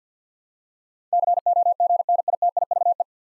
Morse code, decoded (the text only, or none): COGNITIVE